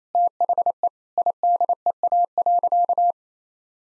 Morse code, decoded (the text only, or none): THE IDEA.